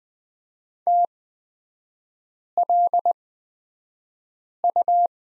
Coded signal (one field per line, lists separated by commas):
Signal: Morse code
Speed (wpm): 20 wpm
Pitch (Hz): 700 Hz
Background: none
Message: TLU